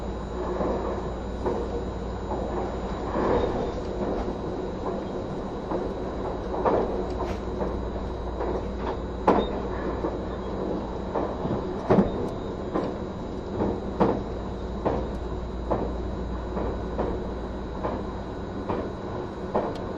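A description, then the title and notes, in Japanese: Running noise of a train in motion, a steady low rumble and hum filling the whole 20 seconds. Sharp clicks and knocks from the rails cut through at irregular intervals, clustering around 7, 9, 12 and 14 seconds, over a faint constant high whine. HC85系 ひだ04号02 下呂～美濃太田。2022年07月よりデビューした、シリーズハイブリッド方式の車両であるHC85系”ひだ04号”を収録したものです。エンジン音とモーター音のバランスを考慮して1号車9Dで収録を行いましたが、双方共に非常に静粛性に優れており僅かな音しか出ておりません。走行音。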